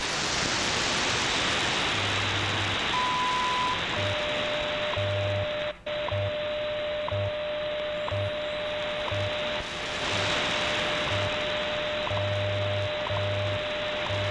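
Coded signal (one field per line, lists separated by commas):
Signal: radio time signal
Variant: WWV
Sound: radio hiss with a brief 1 kHz beep, then steady 600 Hz tone, ticks and low pulses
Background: radio static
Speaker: this is wwv in fort collins colorado on 15 megahertz i am switching between three antennas right now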